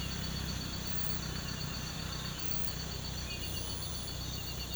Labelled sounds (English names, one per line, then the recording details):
none
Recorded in pastures near Puerto Asís, Putumayo, Colombia, on 12 March 2025 at 05:30
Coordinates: 0.472, -76.329
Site G074